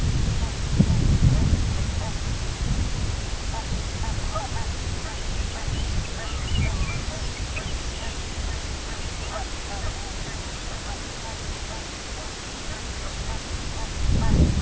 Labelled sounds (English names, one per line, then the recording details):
unidentified sound
Lapland Longspur
Long-tailed Duck
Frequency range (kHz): Lapland Longspur 2.0-6.3 kHz
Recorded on Arctic tundra, site IGLO-B, on 24 June 2018
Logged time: 17:59